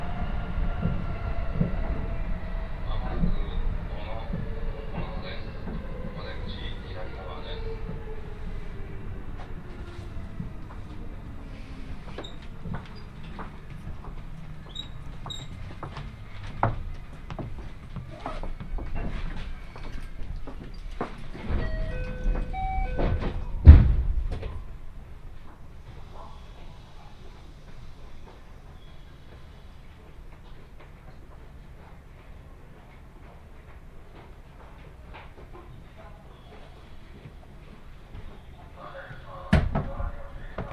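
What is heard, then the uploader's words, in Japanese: A train on the Kosei Line rumbles low as a falling whine fades, clanks and a loud thump near 24 seconds, then quieter, another knock near 40. 耳で楽しむ鉄道旅 湖西線 小野→おごと温泉→蓬莱。モーター音が全く違うのがよく分かりますし、高架を走っているので踏切の音がないのも分かると思います。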